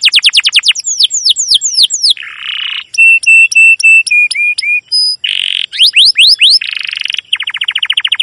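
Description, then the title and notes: Domestic canary song mixing fast falling chirps, a low buzzy roll, a series of flat piercing whistles, more chirps and a closing rapid trill. Long, emotive chirping canary song used as a lure and master recording for training young canaries to learn the sound. "CUIT CUIT NGEROL LANGSUNG GACOR PANJANG Kenari Ini AMPUH Utk Pancingan KENAR. PANCINGAN Kenari GACOR PANJANG Cuit CUIT EMOSI ini AMPUH utk MASTERAN Kenari PAUD belajar BUNYI. burung kenari"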